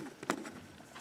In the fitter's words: And then you close that and then it locks in place.